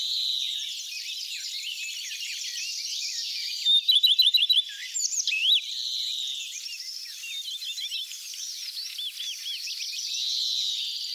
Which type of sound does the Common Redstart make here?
song